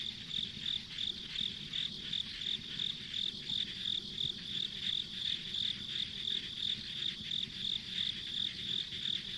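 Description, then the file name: Insects chirp in a quick even rhythm of about three calls a second, backed by a constant high shrill tone and low noise. Ambient insect sounds on a rural country road. "田舎道の虫の環境音"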